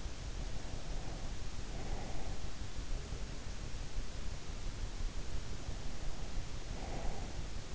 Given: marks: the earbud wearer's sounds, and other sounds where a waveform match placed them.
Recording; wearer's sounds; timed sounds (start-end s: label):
sounds in sleep by an in-ear microphone; breath
0.34-3.56 s: breath
5.51-7.75 s: breath